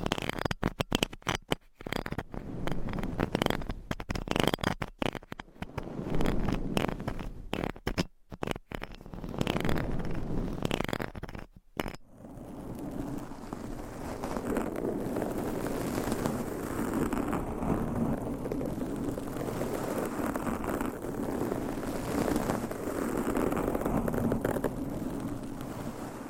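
Scratching, tapping and brushing right on a microphone cover. The first twelve seconds are choppy, with sharp clicks and sudden dropouts between rough scrapes. After that comes a steady, dense, low rustling rub that continues without breaks to the end.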